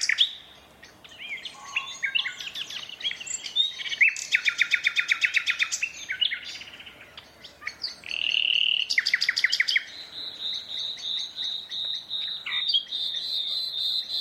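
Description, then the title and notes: Common nightingale song: rapid repeated notes, dense rattling trills and a long sustained buzzy note, phrases varied and loud. Two males singing a competitive duet at dusk in a dense thorn thicket, north Dorset countryside woodland, during the dusk chorus. "Sound Escape: An astonishing nightingale duet in a Dorset woodland. BBC Countryfile Magazine's Sound Escapes"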